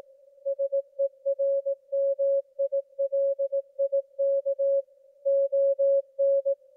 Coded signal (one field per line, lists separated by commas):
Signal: Morse code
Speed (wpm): 18 wpm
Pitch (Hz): 550 Hz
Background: music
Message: SERMILIK ON